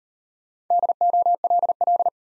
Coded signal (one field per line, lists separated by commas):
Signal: Morse code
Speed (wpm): 37 wpm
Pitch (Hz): 700 Hz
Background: none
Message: DOLL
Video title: Easy Words - Speed-Racing with Hints - 30wpm